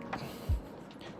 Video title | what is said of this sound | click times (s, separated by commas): Burton Step On 2020 my thoughts | hear those clicks now i heard two clicks right you got to make sure you put that last one in boom | 0.1 s, 1.0 s